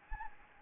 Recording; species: mosquito wingbeat signal from an infrared sensor; Anopheles gambiae